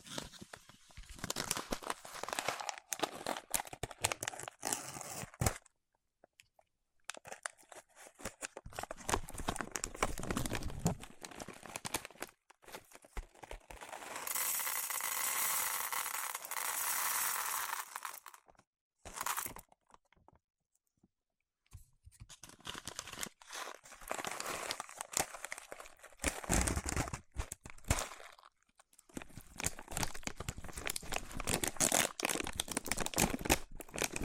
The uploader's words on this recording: ASMR with Wax Fingertips for Sleep (No Talking).